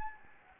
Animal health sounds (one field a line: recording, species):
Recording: mosquito wingbeat signal from an infrared sensor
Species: Anopheles gambiae